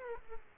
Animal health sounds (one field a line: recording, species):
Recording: mosquito wingbeat signal from an infrared sensor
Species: Aedes aegypti